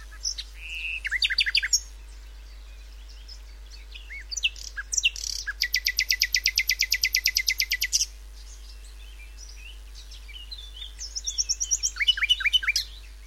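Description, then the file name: Common nightingale singing varied phrases, including a long, rapid, buzzy pulsed trill held for about two and a half seconds, with whistles and chirps before and after. "Luscinia megarhynchos"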